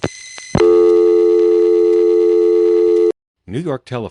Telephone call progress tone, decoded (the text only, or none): dial tone